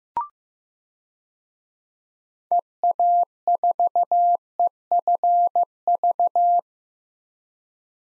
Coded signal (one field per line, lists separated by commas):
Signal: Morse code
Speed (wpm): 15 wpm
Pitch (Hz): 700 Hz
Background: none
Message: EA4EFV